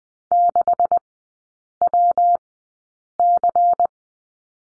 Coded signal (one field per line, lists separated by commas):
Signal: Morse code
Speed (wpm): 20 wpm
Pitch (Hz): 700 Hz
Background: none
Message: 6WC